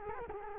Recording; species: mosquito wingbeat signal from an infrared sensor; Culex quinquefasciatus